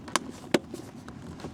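A plastic side trim piece is pushed back onto a car dashboard by hand. It snaps into place with two sharp clicks at 0.2 s and 0.5 s, followed by a few faint ticks. The trim piece is seated and clipped on.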